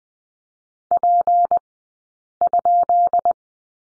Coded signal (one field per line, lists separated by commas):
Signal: Morse code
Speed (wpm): 20 wpm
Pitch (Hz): 700 Hz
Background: none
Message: P?